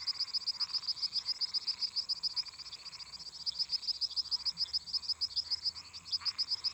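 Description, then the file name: Cricket chorus of bright, high chirps repeating about four times a second without pause, mixed with intermittent rasping frog and toad calls. Crickets singing constantly together with toads and frogs. "Grilos cantando constantemente em conjunto com sapos e ras"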